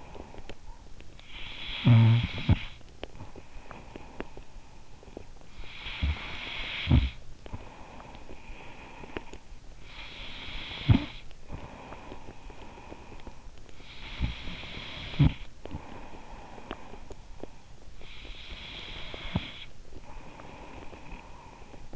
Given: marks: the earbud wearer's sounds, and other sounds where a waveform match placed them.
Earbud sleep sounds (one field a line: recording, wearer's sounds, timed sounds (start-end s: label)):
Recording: sounds in sleep by an in-ear microphone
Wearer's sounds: snoring breath, breath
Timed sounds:
0.00-17.90 s: snoring breath
17.90-21.96 s: breath